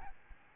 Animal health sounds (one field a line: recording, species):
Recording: mosquito wingbeat signal from an infrared sensor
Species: Aedes albopictus